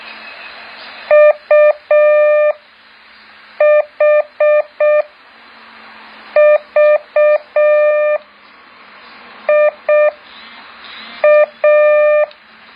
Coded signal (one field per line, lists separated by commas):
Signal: Morse code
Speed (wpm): 6 wpm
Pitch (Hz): 600 Hz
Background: none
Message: UHVIA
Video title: แบบฝึกหัด Morse code 2.2